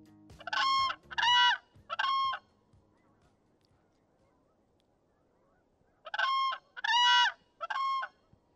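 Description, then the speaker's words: Whooping Crane calls: two bursts of three loud, trumpeting, harmonic-rich whoops, separated by several seconds of quiet, with a low hum under the first burst. "That's the call of the whooping crane, one of the birds that volunteers will be watching for during this year's annual Midwest Crane Count."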